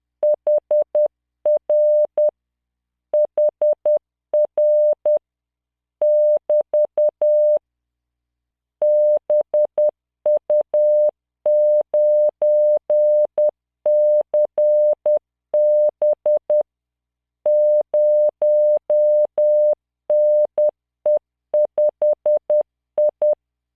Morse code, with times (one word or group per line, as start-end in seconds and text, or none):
0.2-2.3 HR
3.1-5.2 HR
6.0-7.6 <BT>
8.8-16.6 BU9CB
17.5-23.3 0NE5I